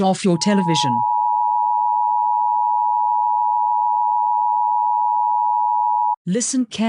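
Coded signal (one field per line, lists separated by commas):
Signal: Emergency Alert System (SAME) tones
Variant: 853 and 960 Hz attention tone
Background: speech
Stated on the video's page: Fake mock South African EAS alert made for entertainment, not real.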